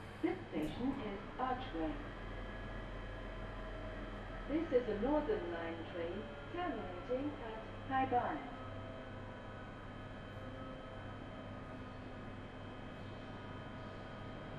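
An empty Underground train carries a steady low rumble and hum throughout, with faint high tones running underneath. A voice speaks in short bursts over the first eight seconds, then stops, leaving only the even, unchanging drone of the train.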